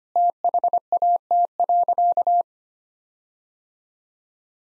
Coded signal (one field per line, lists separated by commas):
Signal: Morse code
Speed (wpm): 25 wpm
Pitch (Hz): 700 Hz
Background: none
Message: THAT.